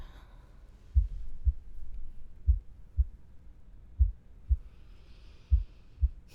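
Soft, muffled low thumps come in steady lub-dub pairs, about 40 cycles a minute, against faint hiss. This is a regular adult heartbeat heard through a pillow resting on the chest.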